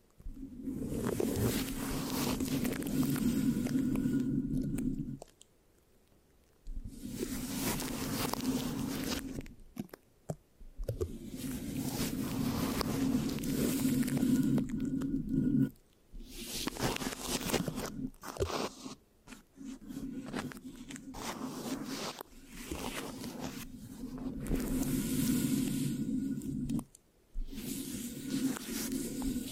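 Scratching and sticky rubbing on a microphone, dense crackly bursts with a low hum, stopping briefly around 5, 10, 16 and 27 seconds.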